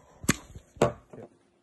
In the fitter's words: goes in you hear a definitive click